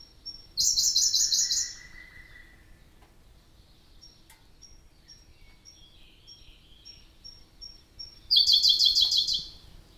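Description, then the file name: Siberian blue robin song: two loud, rapid, rattling trills several seconds apart, separated by quiet high ticking notes. "robin-siberian-blue -Larvivora-cyane"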